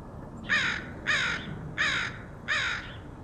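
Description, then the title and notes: Crow calling four harsh, rasping caws at a steady pace, roughly every two-thirds of a second, over faint background hiss. Portland, Oregon, USA, August 2003. "Crows recorded by Dan Bodah in Portland, OR, August 2003."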